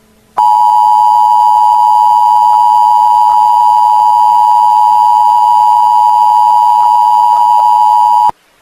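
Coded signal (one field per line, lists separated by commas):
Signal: Emergency Alert System (SAME) tones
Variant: 853 and 960 Hz attention tone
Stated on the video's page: Fake EAS tones in a fictional analog horror scenario.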